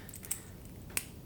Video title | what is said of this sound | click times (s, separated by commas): Unboxing the Wena Wrist Pro | in there that's quite a satisfying click as well and there we go so that's now | 1.0 s